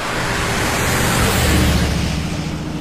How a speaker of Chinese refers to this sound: 这么两辆发出巨大轰鸣跑得比马车还快的车子在上海滩的十里洋场招摇过市，那个拉风劲儿就甭提了，人们也是竞相出来围观呀。